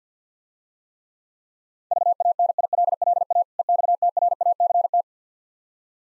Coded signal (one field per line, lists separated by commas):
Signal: Morse code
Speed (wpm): 50 wpm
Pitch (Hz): 700 Hz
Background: none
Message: VANILLA EXTRACT